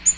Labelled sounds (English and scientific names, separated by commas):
Ovenbird (Seiurus aurocapilla) flight call